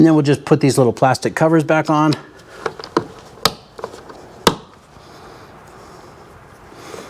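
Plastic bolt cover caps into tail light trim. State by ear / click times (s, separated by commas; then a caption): seated / 3.5 s, 4.5 s. Small round black plastic covers are pressed over the tail light bolts on a 2013–2016 Ford Escape, lining up and snapping into the tail light trim. Someone talks for the first two seconds, then a few light taps are followed by two sharp snaps at 3.5 s and 4.5 s. Both covers are seated.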